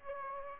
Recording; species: mosquito wingbeat signal from an infrared sensor; Aedes aegypti